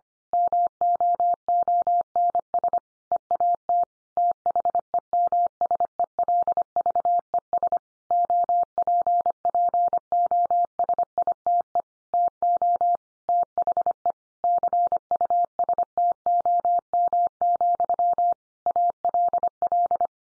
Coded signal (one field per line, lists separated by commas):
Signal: Morse code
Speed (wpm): 25 wpm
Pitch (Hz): 700 Hz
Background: none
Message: MOONS EAT THEMSELVES OPPOSITE TO THE CUSTOM, ALL